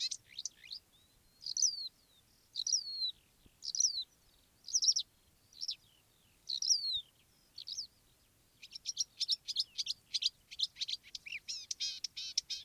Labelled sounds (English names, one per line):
Marsh Warbler